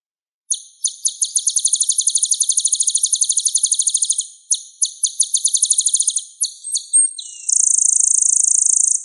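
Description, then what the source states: Sunbird song: high, sharp chips speeding into a long rapid trill, interrupted by short bursts, then a thin descending note and a steady buzzy high drone. Sunbird song used to lure birds.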